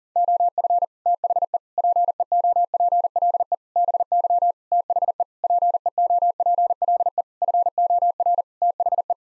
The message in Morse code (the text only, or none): OF THE PEOPLE BY THE PEOPLE FOR THE